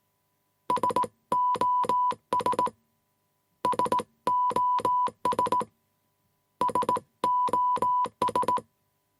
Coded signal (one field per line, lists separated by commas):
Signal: Morse code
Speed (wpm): 18 wpm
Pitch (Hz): 990 Hz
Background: none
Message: SOS SOS SOS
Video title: Morse Code Sound Effect